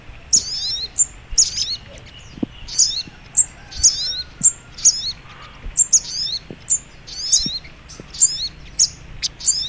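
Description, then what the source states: Little Spiderhunter giving high, thin chirps and descending trilled notes in regular bursts. Training (masteran) song in the Labaik style.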